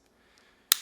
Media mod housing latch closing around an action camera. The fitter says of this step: and you'll hear it click so now we have our media mod on our hero9